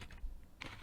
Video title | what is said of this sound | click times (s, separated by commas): LEGO Lab From Home - Articulation | click together with a very satisfying snap, | 0.6 s